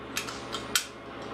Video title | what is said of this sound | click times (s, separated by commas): intalacion kit encendido electronico | locks in place the uh screw hole should line right up | 0.8 s